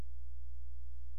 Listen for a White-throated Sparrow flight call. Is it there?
no